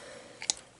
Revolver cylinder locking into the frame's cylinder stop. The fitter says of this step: all the way and you rotate here finally click into place but